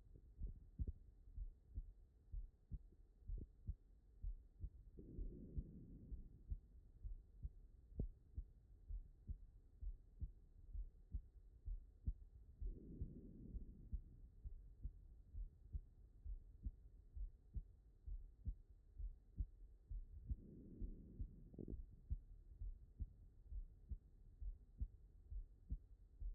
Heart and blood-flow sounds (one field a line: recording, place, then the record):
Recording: heart sounds by stethoscope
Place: pulmonary valve (PV)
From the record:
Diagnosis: non-HFrEF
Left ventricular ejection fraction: 58%